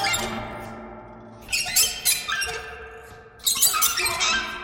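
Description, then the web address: Bird giving harsh squeaky squawks in two loud bursts separated by a quieter stretch. "soundfactory birds"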